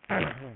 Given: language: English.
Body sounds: throat vibration sensor signal played as sound; throat clearing

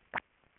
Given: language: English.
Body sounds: throat vibration sensor signal played as sound; swallow

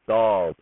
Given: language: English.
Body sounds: throat vibration sensor signal played as sound; speech

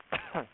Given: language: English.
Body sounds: throat vibration sensor signal played as sound; cough

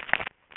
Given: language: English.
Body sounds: throat vibration sensor signal played as sound; swallow

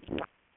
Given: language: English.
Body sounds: throat vibration sensor signal played as sound; swallow

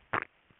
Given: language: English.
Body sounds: throat vibration sensor signal played as sound; swallow

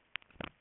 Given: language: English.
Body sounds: throat vibration sensor signal played as sound; swallow

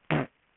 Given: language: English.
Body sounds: throat vibration sensor signal played as sound; throat clearing

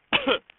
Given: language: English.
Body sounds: throat vibration sensor signal played as sound; cough

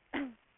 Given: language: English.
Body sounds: throat vibration sensor signal played as sound; cough

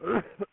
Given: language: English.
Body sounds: throat vibration sensor signal played as sound; cough

